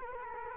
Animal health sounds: mosquito wingbeat signal from an infrared sensor; Culex quinquefasciatus

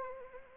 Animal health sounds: mosquito wingbeat signal from an infrared sensor; Anopheles arabiensis

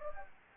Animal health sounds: mosquito wingbeat signal from an infrared sensor; Anopheles gambiae

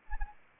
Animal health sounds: mosquito wingbeat signal from an infrared sensor; Anopheles arabiensis

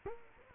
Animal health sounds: mosquito wingbeat signal from an infrared sensor; Culex quinquefasciatus

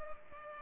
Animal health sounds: mosquito wingbeat signal from an infrared sensor; Culex pipiens

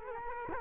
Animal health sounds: mosquito wingbeat signal from an infrared sensor; Culex quinquefasciatus

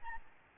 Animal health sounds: mosquito wingbeat signal from an infrared sensor; Aedes albopictus

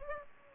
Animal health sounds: mosquito wingbeat signal from an infrared sensor; Culex pipiens

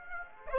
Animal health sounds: mosquito wingbeat signal from an infrared sensor; Aedes aegypti

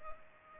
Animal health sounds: mosquito wingbeat signal from an infrared sensor; Culex pipiens

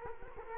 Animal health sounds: mosquito wingbeat signal from an infrared sensor; Culex quinquefasciatus

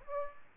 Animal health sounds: mosquito wingbeat signal from an infrared sensor; Aedes aegypti

